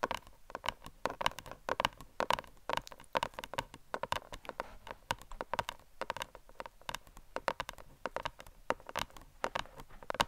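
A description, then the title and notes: Crisp tapping goes on without pause, with sharp clicks landing several times a second in an uneven, quick rhythm. Each tap is dry and bright with a short woody knock, and a few land harder than the rest. A quiet, steady hush sits underneath. ASMR Best Tapping For ULTIMATE Brain Tingles (No Talking).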